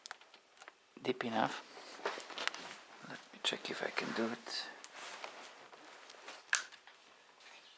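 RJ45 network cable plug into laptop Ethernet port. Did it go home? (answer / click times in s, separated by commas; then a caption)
yes / 6.5 s. Someone talks while inserting a good RJ45 Ethernet cable plug into a laptop's network port to check whether it locks in. After some handling noise, a sharp click at 6.6 s marks the plug seating, and it then can no longer be pulled out.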